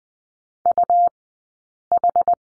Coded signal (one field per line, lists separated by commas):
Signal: Morse code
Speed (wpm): 20 wpm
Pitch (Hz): 700 Hz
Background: none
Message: UH